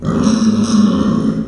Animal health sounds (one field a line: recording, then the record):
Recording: squeal of a Yucatan mini pig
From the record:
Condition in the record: after surgery on the right vocal fold (resection and tissue-engineered implant)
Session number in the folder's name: 9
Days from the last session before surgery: 65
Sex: female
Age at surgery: 19 weeks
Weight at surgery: 25 kg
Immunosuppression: prednisolone